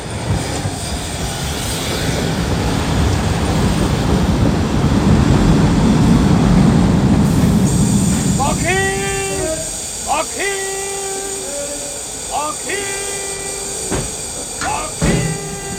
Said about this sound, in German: Na, da ist er ja, der Zug.